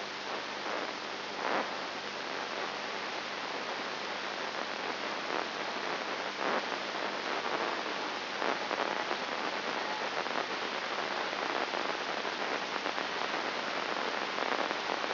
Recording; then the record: brain microelectrode recording played as sound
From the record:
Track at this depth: inside the subthalamic nucleus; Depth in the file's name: 3.901 mm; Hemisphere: left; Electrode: 2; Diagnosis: Parkinson's disease